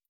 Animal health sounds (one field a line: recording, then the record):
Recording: hydrophone in a shrimp aquaculture tank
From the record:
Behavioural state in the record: stressed